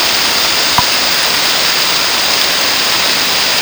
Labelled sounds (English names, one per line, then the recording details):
none
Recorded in secondary vegetation near Puerto Asís, Putumayo, Colombia, on 30 June 2025 at 15:30
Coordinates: 0.485, -76.322
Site GP06